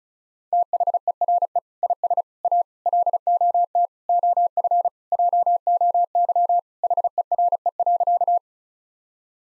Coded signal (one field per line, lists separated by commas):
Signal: Morse code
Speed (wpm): 36 wpm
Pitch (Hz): 700 Hz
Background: none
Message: THERE IS A LOT OF JOY HERE.